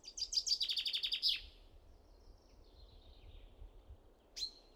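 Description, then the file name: Common chaffinch song ending in a cascade of rapid descending notes, followed by quiet faint chirps and one sharp, high call note near the end. "Fringilla coelebs"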